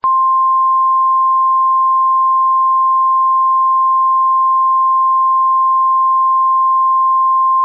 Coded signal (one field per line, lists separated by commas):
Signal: Emergency Alert System (SAME) tones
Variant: 1050 Hz attention tone